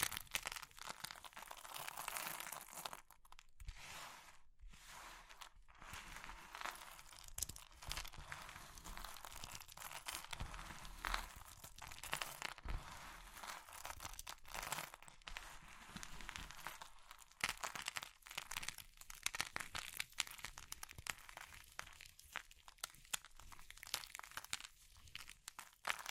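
Crumbly materials like soap, chalk or meringue are crushed and crinkled in a dense, continuous stream of bright crackles and crunches. Brief gaps of near silence break it up around four, six, twelve and seventeen seconds, with sharper snaps scattered throughout.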